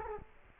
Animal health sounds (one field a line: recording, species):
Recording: mosquito wingbeat signal from an infrared sensor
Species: Culex quinquefasciatus